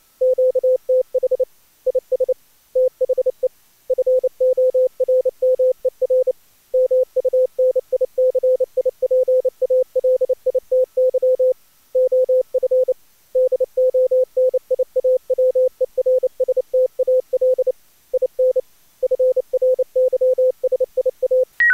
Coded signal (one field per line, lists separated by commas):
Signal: Morse code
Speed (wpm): 29 wpm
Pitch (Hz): 510 Hz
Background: none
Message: QTH IS THE FORMER MUNICIPALITY OF DONIAWERSTAL IN FRYSIA